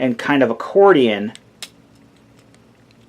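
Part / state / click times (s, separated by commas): plastic tread section of a transforming figure into its folded position / seated / 1.6 s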